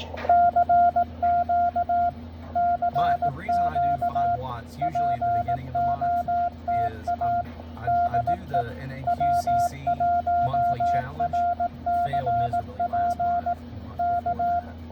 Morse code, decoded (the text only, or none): CQ CQ POTA DE W1RCP K